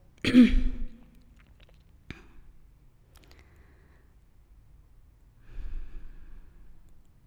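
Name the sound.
imitated throat clearing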